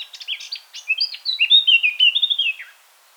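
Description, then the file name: Eurasian blackcap song: quick scratchy notes opening into a bright, fluty, whistled flourish that falls away at the end. "Sylvia atricapilla"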